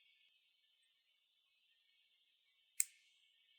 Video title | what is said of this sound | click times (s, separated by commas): Cye of the Torrent - Ronin Warriors - Armorplus Special Color Edition (Unboxing / Assembly / Review) | just like if you just push it together it just snaps into place so that's pretty nice boom | 2.8 s